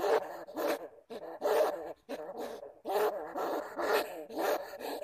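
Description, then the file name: Bamboo rat making rapid, buzzy growls in close succession, broken by sharp clicks and very brief gaps. "Tieng dui keu"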